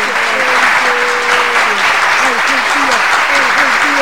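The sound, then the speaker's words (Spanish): A steady wash of crowd applause, played by the operator on a Radio Nauta show, lasts throughout at an even, loud level, with voices calling out over the dense clapping. “Aplausos, operador,”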